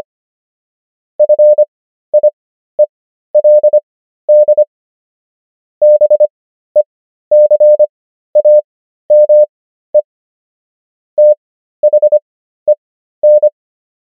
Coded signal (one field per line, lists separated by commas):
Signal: Morse code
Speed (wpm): 25 wpm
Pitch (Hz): 600 Hz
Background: none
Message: FIELD BECAME THEN